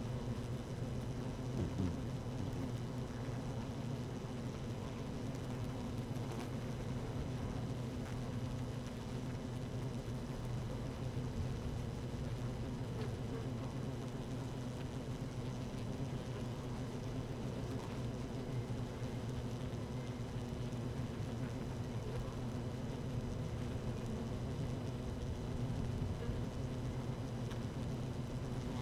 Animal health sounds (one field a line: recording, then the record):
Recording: honeybee colony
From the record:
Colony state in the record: active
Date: 12 June 2018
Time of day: 13:47